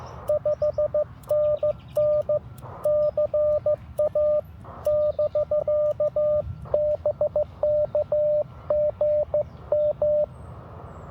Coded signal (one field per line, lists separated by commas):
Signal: Morse code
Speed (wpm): 15 wpm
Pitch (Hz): 590 Hz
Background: radio noise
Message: 5NN CA <BK> BK GM